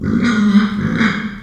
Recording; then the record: squeal of a Yucatan mini pig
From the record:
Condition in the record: after surgery on the right vocal fold (resection and tissue-engineered implant); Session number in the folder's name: 13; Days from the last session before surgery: 113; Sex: female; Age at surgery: 19 weeks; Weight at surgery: 25 kg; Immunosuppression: prednisolone